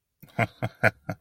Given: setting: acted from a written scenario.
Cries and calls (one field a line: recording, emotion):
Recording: vocal sound without words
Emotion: amusement